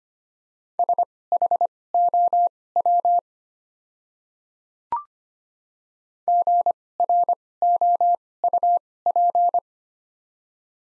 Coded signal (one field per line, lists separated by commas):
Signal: Morse code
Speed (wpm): 25 wpm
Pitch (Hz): 700 Hz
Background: none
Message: SHOW GROUP